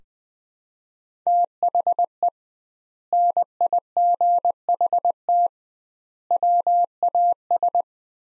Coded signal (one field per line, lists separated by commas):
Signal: Morse code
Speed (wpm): 20 wpm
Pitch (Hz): 700 Hz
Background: none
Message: THE NIGHT WAS